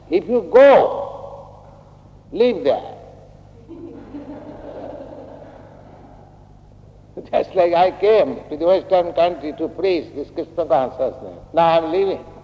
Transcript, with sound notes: If you go, live there. [laughter] Just like I came to the Western country to preach this Kṛṣṇa consciousness, now I am living.